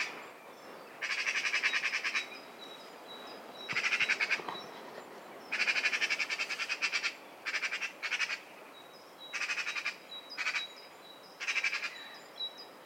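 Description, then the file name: Eurasian magpie producing long, rapid rattling chatters, dry machine-gun bursts of under a second to about two seconds, repeated with short gaps throughout. "Pica pica"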